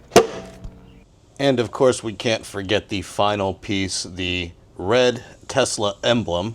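A plastic aftermarket wheel cover, for a Model Y Juniper, is pressed onto the car's alloy wheel with the valve stem through its opening. It snaps into place with one sharp hit at 0.2 s, leaving a brief ringing decay, and the cover is seated. Someone then talks for the rest of the clip.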